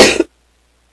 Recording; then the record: coughing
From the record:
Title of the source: 61 morning phlegmy cough...again